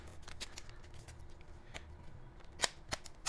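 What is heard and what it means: A hard plastic mCover top shell is pressed onto a Microsoft Surface laptop, its clips snapping in around the edges. Sharp clicks are heard at 0.6, 1.8, 2.6 and 2.9 s, with the loudest at 2.6 s. The top shell is seated in place on the laptop.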